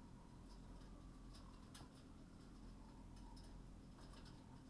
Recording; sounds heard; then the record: poultry house recording; healthy chickens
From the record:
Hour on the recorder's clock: 20